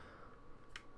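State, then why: Not seated. A plastic back cover is pressed onto a Nokia Lumia 830 smartphone body to snap it in place. A single short, bright tick sounds at about 0.8 s over a low background hiss. The cover does not go on, and nothing has snapped into place yet.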